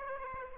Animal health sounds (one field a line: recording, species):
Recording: mosquito wingbeat signal from an infrared sensor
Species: Aedes aegypti